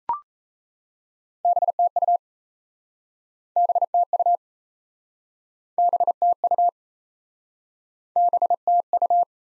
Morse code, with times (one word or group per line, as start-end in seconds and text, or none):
1.4-2.2 BTU
3.6-4.4 BTU
5.8-6.7 BTU
8.2-9.2 BTU